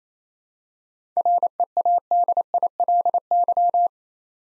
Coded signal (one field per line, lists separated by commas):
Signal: Morse code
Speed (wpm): 29 wpm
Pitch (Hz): 700 Hz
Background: none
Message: READILY